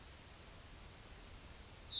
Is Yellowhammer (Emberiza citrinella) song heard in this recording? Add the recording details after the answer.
yes. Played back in grassland. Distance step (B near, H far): D. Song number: 114